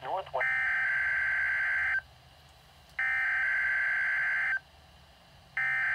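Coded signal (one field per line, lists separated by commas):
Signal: Emergency Alert System (SAME) tones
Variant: header bursts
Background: speech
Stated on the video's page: NOAA Weather Radio broadcasting an EAS Required Weekly Test.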